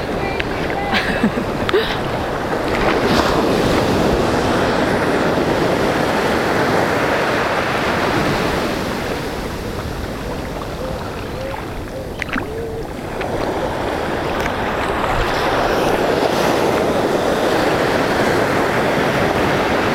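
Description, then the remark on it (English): Ocean waves break on shore in a continuous, rushing roar that swells and eases, dipping briefly before surging again. Muffled wind noise mixes in throughout. “Waves are a trip, man.”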